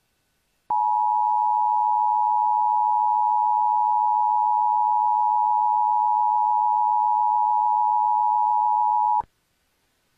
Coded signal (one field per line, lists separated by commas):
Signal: Emergency Alert System (SAME) tones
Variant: 853 and 960 Hz attention tone